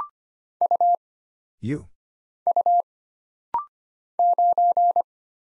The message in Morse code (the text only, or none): U U 9